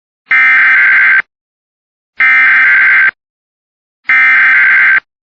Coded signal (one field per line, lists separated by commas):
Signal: Emergency Alert System (SAME) tones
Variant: header bursts